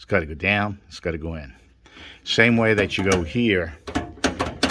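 A metal hood latch mechanism on an old Chevy truck's radiator support is worked by hand to release it while someone talks. Sharp metallic clicks sound at 4.3 s and 4.6 s as the latch clicks open and releases.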